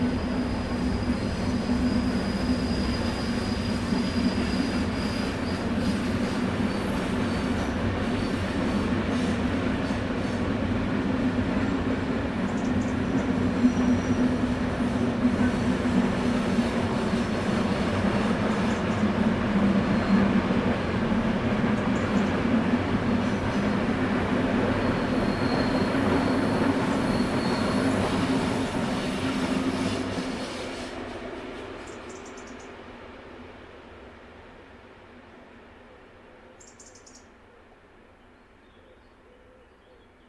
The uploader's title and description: Old-Fashioned Locomotive Ambiance. The rhythmic chugging of old-fashioned locomotives and the resonant echoes of steam-powered engines